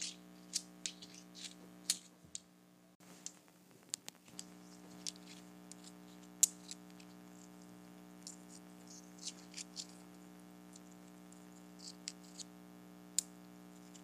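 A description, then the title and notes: Tiny rocks tap together in sharp, bright clicks that come irregularly, about one or two each second, some louder than others. A steady low hum runs underneath the whole time, dropping out briefly around the third second before returning. ASMR Tapping Tiny Rocks Together.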